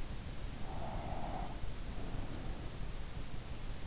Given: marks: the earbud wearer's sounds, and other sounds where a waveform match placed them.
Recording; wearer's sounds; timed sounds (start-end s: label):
sounds in sleep by an in-ear microphone; breath
0.73-3.20 s: breath